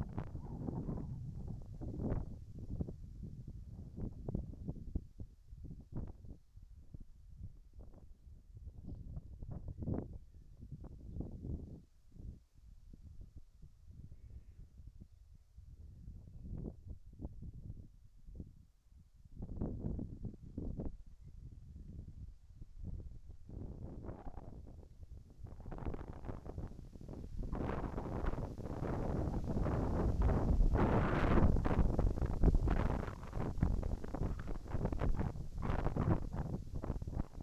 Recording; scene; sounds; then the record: everyday scene through a hearing-aid microphone; wind on the microphone; wind, whistling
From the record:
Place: in front of a rural house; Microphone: behind the ear, right, front